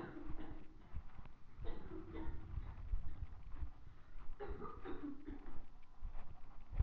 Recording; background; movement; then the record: deep breathing; a bystander coughing; walking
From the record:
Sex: male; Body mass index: 20.5 kg/m2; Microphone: on the chest, facing the body